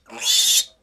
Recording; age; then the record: pig call; piglet (1 to 25 days)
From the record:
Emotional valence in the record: negative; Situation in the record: restrain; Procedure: back test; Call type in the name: high-frequency call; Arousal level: medium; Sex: female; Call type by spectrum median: high-frequency call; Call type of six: mixed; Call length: 0.83 s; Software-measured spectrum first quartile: 3691 Hz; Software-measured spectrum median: 5258 Hz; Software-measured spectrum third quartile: 7438 Hz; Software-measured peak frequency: 3619 Hz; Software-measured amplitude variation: 159 dB a second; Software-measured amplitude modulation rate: 13.9 a second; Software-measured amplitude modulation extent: 11.5 dB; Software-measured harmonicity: 1.4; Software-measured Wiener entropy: -2.17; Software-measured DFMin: 1180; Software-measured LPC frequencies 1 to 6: 865, 2090, 2959, 3535, 4356, 5314 Hz